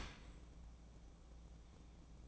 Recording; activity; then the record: daily activity, microphone in the room; open dishwasher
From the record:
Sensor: 1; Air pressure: 1012.4 hPa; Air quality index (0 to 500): 171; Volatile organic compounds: 3 ppm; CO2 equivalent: 1394 ppm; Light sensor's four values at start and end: 343/788/347/382 and 342/786/346/381